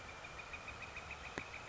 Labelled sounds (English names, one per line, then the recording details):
Northern Flicker
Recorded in Sonoma County, California